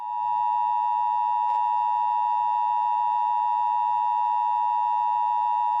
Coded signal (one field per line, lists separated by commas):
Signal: Emergency Alert System (SAME) tones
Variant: 853 and 960 Hz attention tone